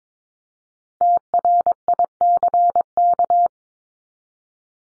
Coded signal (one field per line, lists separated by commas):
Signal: Morse code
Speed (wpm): 22 wpm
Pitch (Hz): 700 Hz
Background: none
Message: TRICK